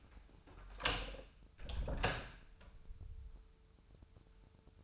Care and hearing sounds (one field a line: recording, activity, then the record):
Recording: daily activity, microphone in the room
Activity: close door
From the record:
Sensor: 2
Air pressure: 996.0 hPa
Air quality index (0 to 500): 63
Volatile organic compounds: 3 ppm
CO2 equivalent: 1399 ppm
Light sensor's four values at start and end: 12/27/12/12 and 12/27/12/12